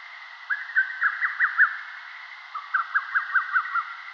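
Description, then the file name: Lesser cuckoo song, two rapid whistled phrases of several notes each, the second starting lower. "Cuculus poliocephalus"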